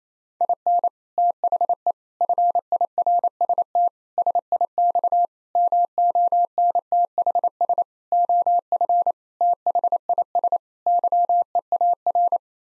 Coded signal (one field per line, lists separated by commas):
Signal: Morse code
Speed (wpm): 28 wpm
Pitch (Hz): 700 Hz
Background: none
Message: IN THE FIRST SIX MONTHS OF THIS YEAR